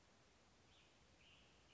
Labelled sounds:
Western Tanager (Piranga ludoviciana)
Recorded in Sonoma County, California

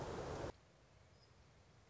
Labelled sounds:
Song Sparrow (Melospiza melodia)
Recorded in Sonoma County, California

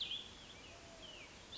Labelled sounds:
Cassin's Vireo (Vireo cassinii)
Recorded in Sonoma County, California

